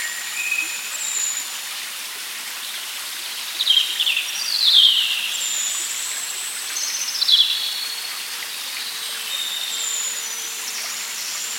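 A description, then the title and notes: A brook flows steadily in a wood, its fine, even hiss filling the clip at a constant level. Birds call over it: thin high whistles early on, then brighter chirping bursts around four, five and seven seconds. Continuous field recordings of the Holy Brook (flowing through Devon). With Sony PCM D100.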